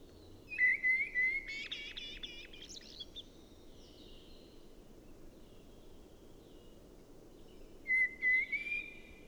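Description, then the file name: Common blackbird singing a short phrase, a fluted whistle leading into high twittering notes, then a long pause before another whistled phrase, over steady low background noise. "Turdus merula"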